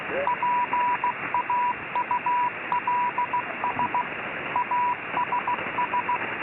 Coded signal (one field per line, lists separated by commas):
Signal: Morse code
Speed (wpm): 16 wpm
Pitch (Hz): 980 Hz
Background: radio noise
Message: PAULS ASS